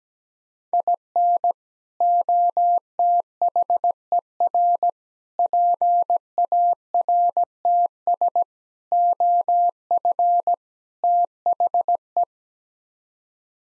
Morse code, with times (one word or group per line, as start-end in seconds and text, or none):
0.7-1.5 IN
2.0-4.9 OTHER
5.4-8.4 PARTS
8.9-10.5 OF
11.0-12.2 THE